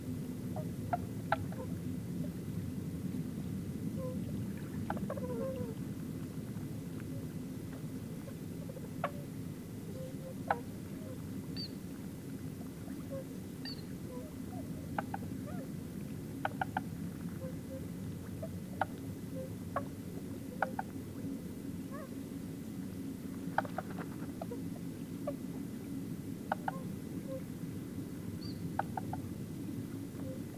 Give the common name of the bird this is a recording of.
Tundra Swan